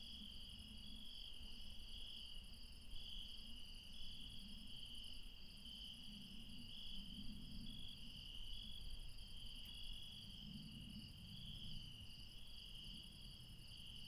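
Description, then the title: Nocturnal insects keep up a constant high trilling in several layers while a louder low rumble swells and fades underneath. Late night in the mountains at Refuge Krevatia, Barbala, Dion, Greece. "Refuge Krevatia, Μπαρμπαλά, Dion 601 00, Greece - Late night mountain insects"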